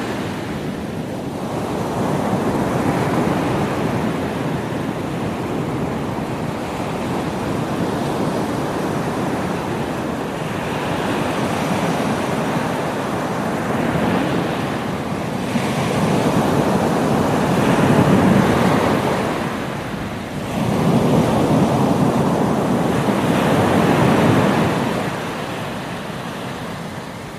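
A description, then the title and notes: Beach sounds of surf rolling in steadily, a dense low roar that swells and eases every few seconds, with louder breaks around the middle and near 18 and 24 seconds. Wind buffets the microphone throughout, adding a rough rumble underneath. Panama City Beach Sounds for Relaxation White Noise.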